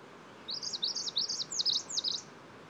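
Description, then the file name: Bird song: a quick run of high, sharp, rising-and-falling notes repeated several times over nearly two seconds, with soft background hiss. Song of ludlowi taxon, 9 July 2016. "ludlowi song 160709"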